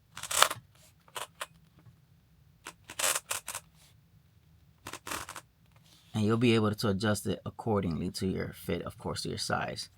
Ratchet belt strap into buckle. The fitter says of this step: but you'll have a nice little clicking sound.